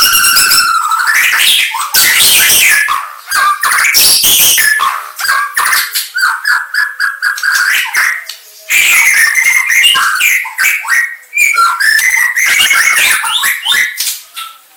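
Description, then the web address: White-rumped shama song, an energetic medley of whistles, scratchy notes and quick trills, delivered in long phrases with only brief breaks. Aceh variety of white-rumped shama. "murai-batu suara-murai-aceh"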